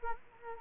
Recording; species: mosquito wingbeat signal from an infrared sensor; Culex quinquefasciatus